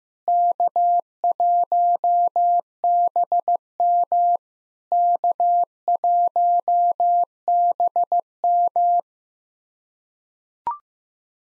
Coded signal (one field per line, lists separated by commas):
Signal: Morse code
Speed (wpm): 14 wpm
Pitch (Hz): 700 Hz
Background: none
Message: K1BM K1BM